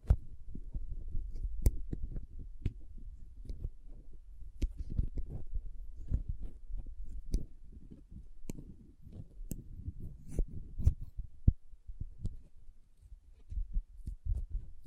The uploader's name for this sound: Soft Squishy Sticky, Crinkle, Cutting Sounds